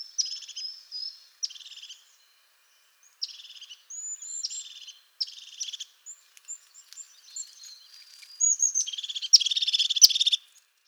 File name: Mesange huppee